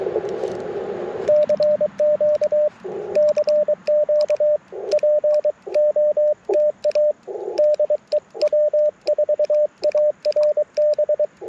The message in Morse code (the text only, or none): CQ CQ POTA DE W4ARB